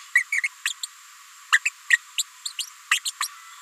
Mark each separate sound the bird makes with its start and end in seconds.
0.15-0.23, 0.32-0.41, 0.65-0.70, 0.83-0.85, 1.52-1.59, 1.65-1.69, 1.90-1.98, 2.18-2.23, 2.45-2.48, 2.91-3.00, 3.05-3.12, 3.20-3.28